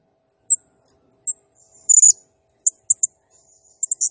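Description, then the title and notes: Blue-crowned hanging parrot calls: scattered high chips and a shrill buzzy burst, then a quick run of sharp ticks at the end. Serindit in gacor (actively singing) condition, 'nembak' song style, used as a masteran training sound and lure for serindit birds, said to excite all birds. "Burung Serindit Nembak Gacor Bikin Emosi Semua Burung. Suara Nasteran Dan Pemikat Burung Serinditan Gacor"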